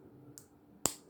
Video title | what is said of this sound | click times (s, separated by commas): Ninjago Legacy Battle Sets | nice satisfying click | 0.9 s